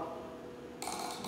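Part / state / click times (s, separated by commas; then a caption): micrometer ratchet stop closing spindle on a dowel / torque reached / 0.8 s, 1.2 s. The ratchet stop on an imperial inch micrometer turns the spindle onto a metal dowel until the ratchet slips. It gives clicks at 0.8 s and 1.2 s, showing the measuring force is reached and there is no need to keep forcing it. Quiet background sound comes first, and bright clicking noise follows from 0.8 s.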